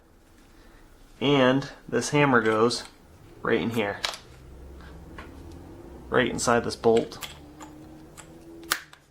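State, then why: Seated. During reassembly of a Franchi Affinity Elite semi-auto shotgun, the hammer part is pushed into the metal bolt while someone talks. Quiet handling clicks and taps lead up to a sharp, loud click at 8.7 seconds as the part locks into place in the bolt.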